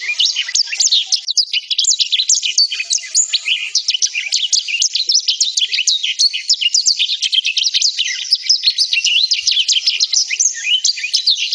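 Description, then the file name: Black-throated canary pouring out a steady, energetic medley of high chirps, buzzy trills and quick whistles, sustained throughout. "suara burung blackthroat"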